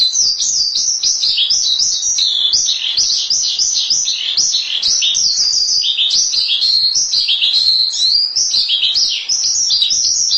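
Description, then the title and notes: Starling song, continuous rapid chatter of high sliding whistles and squeaky notes, delivered without pause. "suara burung jalak"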